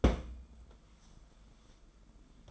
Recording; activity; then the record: daily activity, microphone in the room; place on stove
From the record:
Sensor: 5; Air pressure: 994.5 hPa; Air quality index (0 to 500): 191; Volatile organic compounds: 1000 ppm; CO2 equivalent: 5610 ppm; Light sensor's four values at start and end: 44/132/52/57 and 44/132/52/57